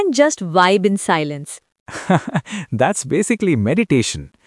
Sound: laughs